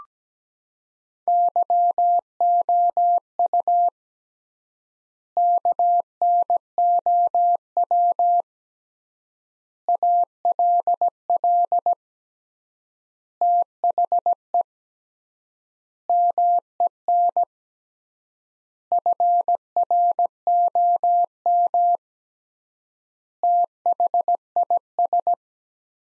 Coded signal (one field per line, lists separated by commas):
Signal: Morse code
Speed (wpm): 17 wpm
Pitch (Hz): 700 Hz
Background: none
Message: YOU KNOW ALL THE MEN FROM THIS